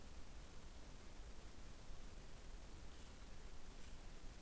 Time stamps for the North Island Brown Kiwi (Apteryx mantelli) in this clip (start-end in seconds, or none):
none